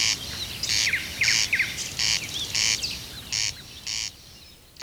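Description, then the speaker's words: Corncrake giving a series of harsh rasps that stops before the end. Corncrake, described as the most mysterious singer of the fields; once heard from almost all larger field areas; numbers fell to a fraction, nearly disappearing, but have risen somewhat recently. "ruisrääkkä. Entisinä aikoina ruisrääkän ääni kuului lähes kaikilta suuremmilta peltoalueilta."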